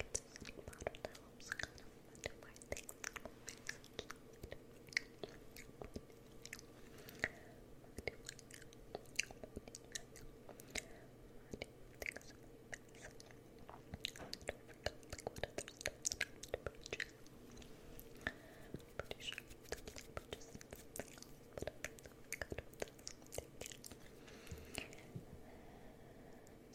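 Spoolie nibbling fills the whole stretch with dense, quick crunchy clicks and small bites, irregular but nearly constant from start to finish. A soft, steady low murmur sits underneath, likely the faint whispering, never forming clear words.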